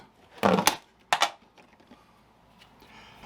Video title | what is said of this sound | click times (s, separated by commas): Is This The Best Cap Tile Leveling System for Large Tiles? | so they simply click into place and then you slightly turn it | 1.1 s